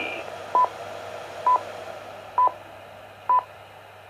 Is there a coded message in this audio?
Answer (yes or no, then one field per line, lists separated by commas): no